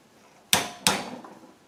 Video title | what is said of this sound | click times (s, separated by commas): CRYHAVOC AR15 QRB Install | until you hear the click | 0.5 s, 0.9 s